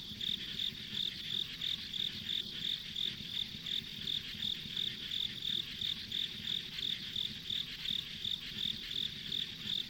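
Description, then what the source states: Insects calling with evenly pulsed high chirps, about three per second, layered over a constant buzzing chorus and a faint low hum. Insects as ambient sound on a country road.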